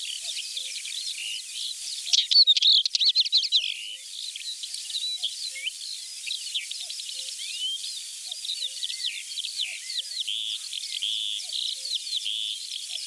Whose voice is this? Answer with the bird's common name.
Northern Wheatear